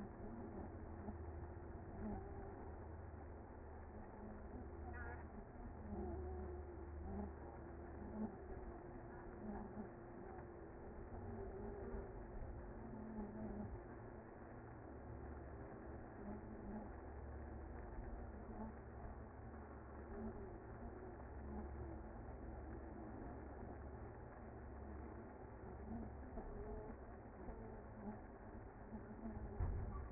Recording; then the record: honeybee colony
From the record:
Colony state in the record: active